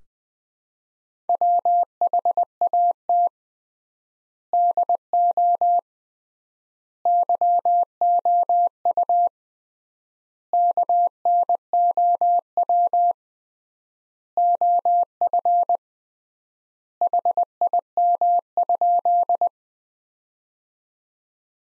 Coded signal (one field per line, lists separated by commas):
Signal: Morse code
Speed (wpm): 20 wpm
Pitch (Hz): 700 Hz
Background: none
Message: WHAT DO YOU KNOW OF HIM?